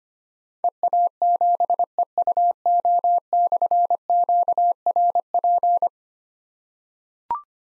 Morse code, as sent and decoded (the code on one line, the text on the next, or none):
. .- --... . ..- --- -..-. --.- .-. .--.
EA7EUO/QRP